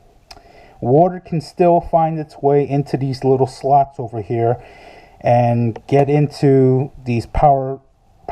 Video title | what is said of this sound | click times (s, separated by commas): Review of the Brunton All Day GoPro Hero 3+ Battery Pack | even though it clicks in, | 0.3 s